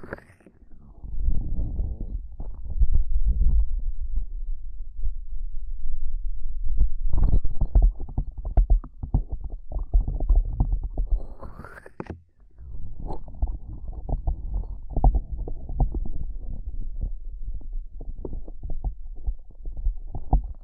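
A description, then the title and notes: Ear cupping sounds: deep, muffled rumbling and soft thumping, dense and uneven, with brief crackly rustles. A short hush near 12 seconds, preceded by a rising swish, then the muffled rubbing resumes at a slightly lower level. Extremely Tingly Ear Cupping Triggers ASMR (No Talking).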